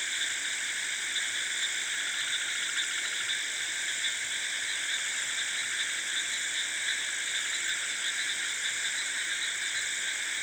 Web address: South India sound library by Faunethic Rice field frogs and insects close, wide at night